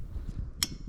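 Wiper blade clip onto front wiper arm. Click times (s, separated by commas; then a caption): 0.6 s. The plastic clip of the second front wiper blade on a BMW G01 X3 is slid onto the front wiper arm over a low background rumble. A single sharp, bright click sounds at 0.6 s, and the blade is seated on the arm.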